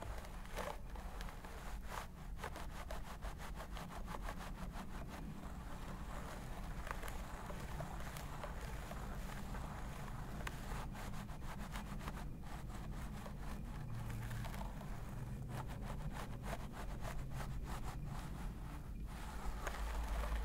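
A scalp massage, heard as dense, crackling scratches of fingers working through hair, coming in quick irregular bursts across the whole twenty seconds. A steady low hum runs underneath, and the rustling grows busier and louder near the end.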